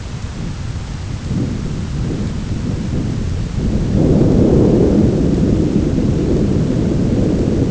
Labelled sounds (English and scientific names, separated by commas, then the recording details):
none
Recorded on Arctic tundra, site ZACK-1, on 10 June 2019
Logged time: 15:49